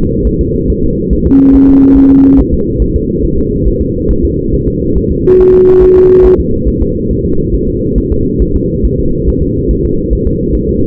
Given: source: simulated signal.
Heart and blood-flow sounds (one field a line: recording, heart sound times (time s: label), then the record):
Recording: fetal heart sounds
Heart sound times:
0.27 s: S1
0.41 s: S2
0.70 s: S1
0.84 s: S2
1.13 s: S1
1.27 s: S2
1.55 s: S1
1.69 s: S2
1.97 s: S1
2.12 s: S2
2.40 s: S1
2.54 s: S2
2.82 s: S1
2.96 s: S2
3.25 s: S1
3.39 s: S2
3.68 s: S1
3.82 s: S2
4.11 s: S1
4.25 s: S2
4.54 s: S1
4.68 s: S2
4.98 s: S1
5.12 s: S2
5.41 s: S1
5.55 s: S2
5.83 s: S1
5.97 s: S2
6.26 s: S1
6.40 s: S2
6.68 s: S1
6.82 s: S2
7.11 s: S1
7.25 s: S2
7.54 s: S1
7.69 s: S2
7.98 s: S1
8.12 s: S2
8.42 s: S1
8.56 s: S2
8.85 s: S1
8.99 s: S2
9.29 s: S1
9.43 s: S2
9.71 s: S1
9.85 s: S2
10.13 s: S1
10.27 s: S2
10.55 s: S1
10.69 s: S2
From the record:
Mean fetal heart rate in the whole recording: 140 bpm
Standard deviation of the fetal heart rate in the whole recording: 2 bpm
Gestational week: 34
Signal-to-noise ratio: -15.3 dB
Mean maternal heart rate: 72 bpm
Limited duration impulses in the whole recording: present